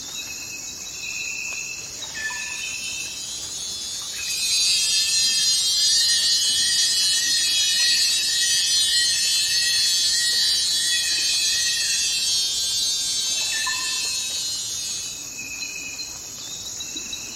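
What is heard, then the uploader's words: Crickets and other night insects fill a forest with a dense, high, shimmering chorus. Around four seconds in the chorus swells louder, and a regular pulsing chirp repeats steadily beneath it before fading near fifteen seconds, leaving the quieter, thinner background trill. 1 Hour of Forest Sounds and Crickets: Embrace the Night's Natural Serenade. 1 hour forest sounds, crickets, natural serenade, tranquil ambiance, nighttime symphony.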